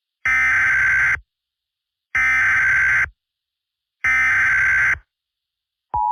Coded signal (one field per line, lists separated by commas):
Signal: Emergency Alert System (SAME) tones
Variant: header bursts